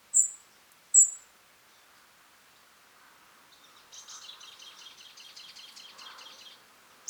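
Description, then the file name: European robin calls: two sharp, high, thin notes close together, then a soft buzzy high chatter lasting about three seconds, and another thin note at the end. "Erithacus rubecula"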